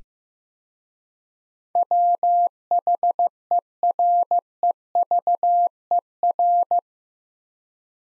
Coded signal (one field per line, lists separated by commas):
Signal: Morse code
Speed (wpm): 15 wpm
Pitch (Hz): 700 Hz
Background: none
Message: WHEREVER